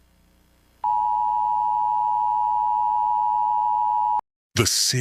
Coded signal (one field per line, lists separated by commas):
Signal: Emergency Alert System (SAME) tones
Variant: 853 and 960 Hz attention tone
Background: speech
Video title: EAS Scenario: The Powerpuff Girls